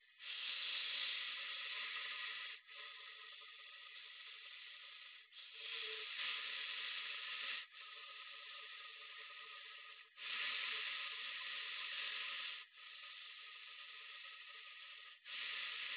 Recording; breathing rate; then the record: paced breathing near a phone; 12 breaths a minute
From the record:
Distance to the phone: 20 cm